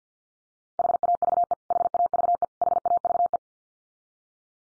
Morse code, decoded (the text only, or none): HAVE HAVE HAVE